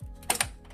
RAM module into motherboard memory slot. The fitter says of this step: Faz um clique de um lado, a travinha ela entra automaticamente do outro.